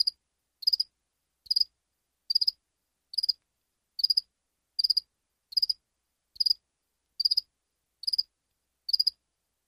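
Cricket chirping, short high pulsed trills of three or four pulses repeated at a steady rhythm, with no other sounds.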